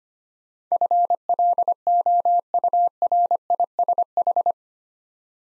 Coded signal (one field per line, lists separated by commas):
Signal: Morse code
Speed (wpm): 25 wpm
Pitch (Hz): 700 Hz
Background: none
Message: FLOURISH